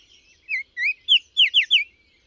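Bird song: two swooping whistles then four crisp descending slurs in quick succession, with faint chirps behind.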